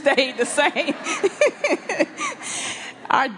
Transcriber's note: laughter